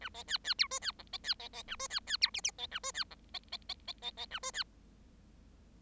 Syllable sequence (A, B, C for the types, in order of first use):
A B C C D E C F B C B B A E C C D G G B A E C F B B B B B B A E C